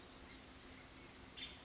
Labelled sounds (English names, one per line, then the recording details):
Blue-gray Gnatcatcher
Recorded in Sonoma County, California